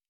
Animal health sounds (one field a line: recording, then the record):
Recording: hydrophone in a shrimp aquaculture tank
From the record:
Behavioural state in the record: normal